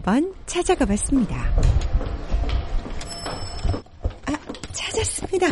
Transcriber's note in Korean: 현장음: 현장 복도